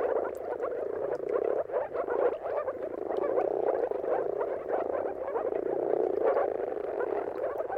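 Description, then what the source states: Moor frog mating chorus, many frogs producing overlapping muffled, bubbling notes without pause. Moor frogs in a mating chorus at sunrise, at the turn of March and April, timing depending on the weather.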